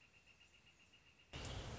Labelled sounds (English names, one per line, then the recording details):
Northern Flicker
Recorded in Sonoma County, California